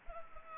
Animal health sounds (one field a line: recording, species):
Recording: mosquito wingbeat signal from an infrared sensor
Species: Culex pipiens